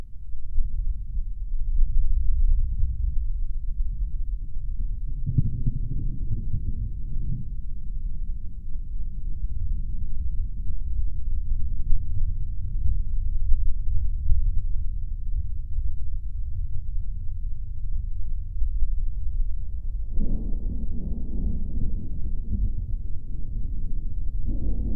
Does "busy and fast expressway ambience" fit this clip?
no